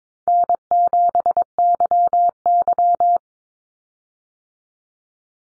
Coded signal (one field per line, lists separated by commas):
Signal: Morse code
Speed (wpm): 22 wpm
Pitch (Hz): 700 Hz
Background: none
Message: N7YY